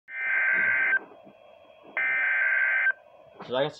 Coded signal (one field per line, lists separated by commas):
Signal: Emergency Alert System (SAME) tones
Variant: header bursts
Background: speech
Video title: EAS #200 SVR